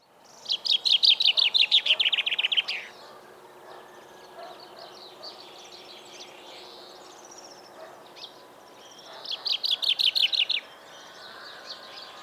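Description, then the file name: Common chaffinch song: a rapid, slightly falling series of notes, then a long pause before a second, shorter phrase. "Fringilla coelebs"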